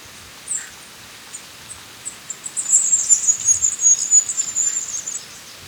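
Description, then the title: Black-crested warbler song: a very high, thin, buzzy trill that starts after a few soft chips and runs steadily for about two and a half seconds, with faint background hiss. "Myiothlypis Nigrocristata"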